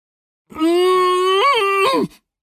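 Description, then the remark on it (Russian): A voice lets out one muffled, closed-mouth moan lasting about a second and a half, steady and fairly loud, with a brief upward wobble in the middle and a sagging drop at the end, calling out through clenched jaws that hold a caught wasp. “Замычал Жорж и стал махать коротенькими листиками, чтобы привлечь к себе внимание. Кричать, сжав зубы, было ужасно неудобно.”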